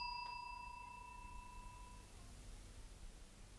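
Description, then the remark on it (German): A small bell strikes once and its clear, high ringing tone hangs and slowly fades over about two seconds, leaving a soft hiss and low rumble behind. “Die Glocke.”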